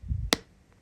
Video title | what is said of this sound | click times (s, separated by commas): How To Crochet a Ball with Plush Yarn using Magic Loop, Increases & Invisible Decreases | until it clicks over the ridges of the eye. Click. | 0.3 s